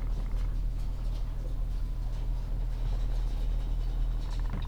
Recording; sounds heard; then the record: poultry house recording; sick chickens (respiratory disease)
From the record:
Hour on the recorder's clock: 15